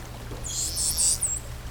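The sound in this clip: Whale calls: a quick series of four high whistles over a steady low hum.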